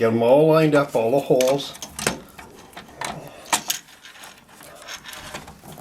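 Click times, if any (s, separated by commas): none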